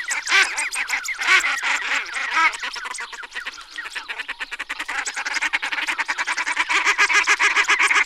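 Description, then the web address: Common Shelduck calling with quick, rasping, repeated notes in a long continuous chatter, slightly uneven in pace and loudness throughout. "anseriformes t tadorna"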